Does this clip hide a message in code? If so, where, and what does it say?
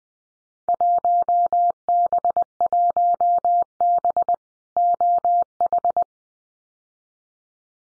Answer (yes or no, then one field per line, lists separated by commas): yes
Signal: Morse code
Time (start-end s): 0.7-6.0 s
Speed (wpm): 20 wpm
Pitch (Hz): 700 Hz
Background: none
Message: 1B1B OH